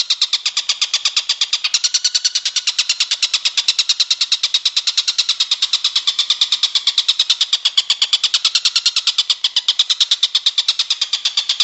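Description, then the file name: Stork-billed kingfisher giving a long, unbroken, rapid run of harsh, rasping notes, steady in pitch and loudness throughout. "tengkek buto om andri"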